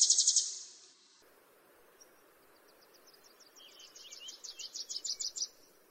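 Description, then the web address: Wilson's warbler song, a rapid series of high, sharp chips rising in loudness over about three seconds, preceded by a brief louder high burst of notes. Western USA. "Songs of Birds of North America Western USA Songbirds. Wilsons Warbler"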